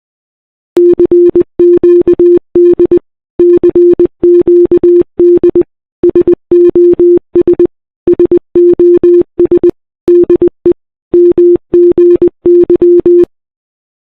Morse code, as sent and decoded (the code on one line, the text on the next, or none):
-.-. --.- -.. / -.-. --.- -.. / ... --- ... / ... --- ... / -.. . / -- --. -.--
CQD CQD SOS SOS DE MGY